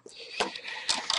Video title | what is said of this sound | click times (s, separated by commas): Dell Latitude E6520 Laptop Screen Replacement Procedure | and gently start lifting it off and listen for snapping sounds sometimes | 0.4 s, 1.1 s